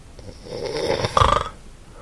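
A single rough snore in an adult sleeper, ending in a snort-like sound and followed by quiet, fitting snoring with stopped breathing.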